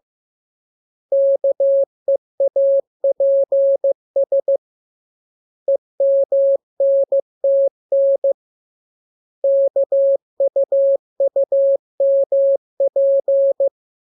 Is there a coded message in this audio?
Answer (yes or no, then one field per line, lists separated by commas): yes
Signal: Morse code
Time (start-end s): 1.1-13.7 s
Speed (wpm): 15 wpm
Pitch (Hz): 550 Hz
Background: none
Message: KEAPS EMNTN KUUMP